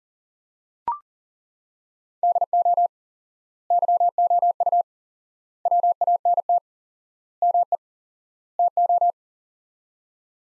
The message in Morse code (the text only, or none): DO YOU WANT ME TO